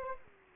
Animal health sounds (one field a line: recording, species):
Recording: mosquito wingbeat signal from an infrared sensor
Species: Anopheles arabiensis